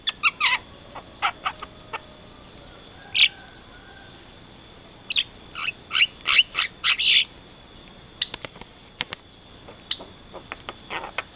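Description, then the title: Asian pied starling song: scattered clicks and harsh squawky bursts, with a cluster of loud grating notes in the middle and sparse clicks after. Song from a collection used for mastering, training other birds. "jalak_suren"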